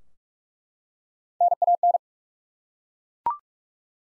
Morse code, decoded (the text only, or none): NAN